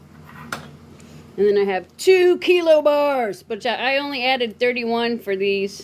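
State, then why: Seated. An interlocking silver stacker bar is pressed onto another stackable silver bullion bar so their interlocking shapes lock together. A single sharp metallic clack at 0.5 s marks the bar seating in place. Someone then talks for the rest of the clip.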